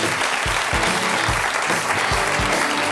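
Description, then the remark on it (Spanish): A crowd claps steadily, a dense wash of many hands with a few sharper individual claps standing out, sustained and fairly loud across the whole stretch with no talking. “Un aplauso para Sabela.”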